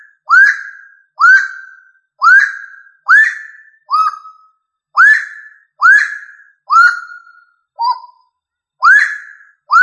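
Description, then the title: Rail giving a steady series of rising whistled notes roughly every second, with occasional softer, lower, shorter notes; no other sounds. "Familia Rallidae"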